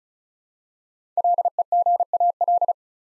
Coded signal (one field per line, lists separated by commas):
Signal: Morse code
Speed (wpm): 34 wpm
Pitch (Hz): 700 Hz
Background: none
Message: LEGAL